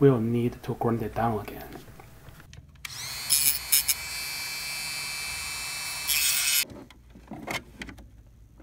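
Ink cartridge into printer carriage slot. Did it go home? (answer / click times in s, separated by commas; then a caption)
no / none. Someone talks, then a power tool whirs steadily from about 2.8 to 6.6 s while grinding down a transplanted chip for a refilled HP Instant Ink cartridge (902, 934, 935, 564 or 920), because a chip that is too thick keeps the cartridge from latching. A few light handling taps follow as the cartridge is readied to be pressed on its tab into the printer carriage slot. Nothing has seated or clicked yet.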